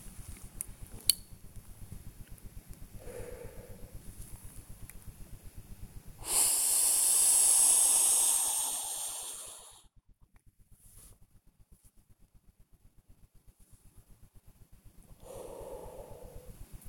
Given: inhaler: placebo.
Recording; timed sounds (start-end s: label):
one use of a dry powder inhaler by a smartwatch
0.23-1.41 s: inhaler activation
2.93-4.08 s: exhalation
6.17-9.98 s: inhalation
15.12-16.69 s: exhalation